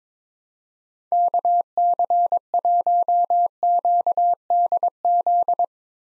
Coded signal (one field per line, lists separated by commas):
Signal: Morse code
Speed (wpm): 22 wpm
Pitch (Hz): 700 Hz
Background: none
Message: KC1QDZ